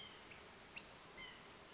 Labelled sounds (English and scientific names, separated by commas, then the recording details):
White-breasted Nuthatch (Sitta carolinensis)
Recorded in Sonoma County, California